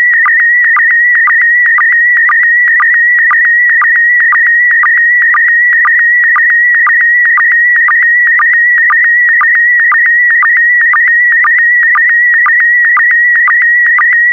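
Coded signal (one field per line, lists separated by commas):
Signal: SSTV (slow-scan television)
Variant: PD120 mode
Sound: warbling, buzzy tone near 2 kHz with steady rhythmic clicks about twice a second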